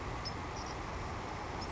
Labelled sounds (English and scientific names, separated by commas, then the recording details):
Savannah Sparrow (Passerculus sandwichensis)
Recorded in Sonoma County, California